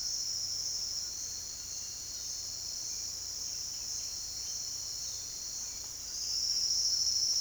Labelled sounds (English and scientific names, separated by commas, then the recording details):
none
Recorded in dense forest near Puerto Asís, Putumayo, Colombia, on 18 February 2024 at 07:30
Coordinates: 0.485, -76.322
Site G6406